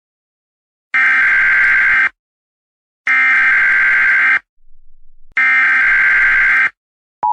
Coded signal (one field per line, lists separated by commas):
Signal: Emergency Alert System (SAME) tones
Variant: header bursts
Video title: EAS Scenario Zombie Eaters (please do not watch this, it's terrible.)